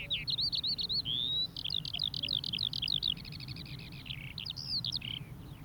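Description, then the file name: Eurasian skylark singing a rapid, varied warble of high twittering notes, clear whistled slurs and quick repeated trills, flowing continuously against faint low background noise. Singing from a song post on the ground; recording described as very clean and very loud. "skowronek joost van bruggen. veldleeuwerik, zangpost op de grond knalzuiver, keihard"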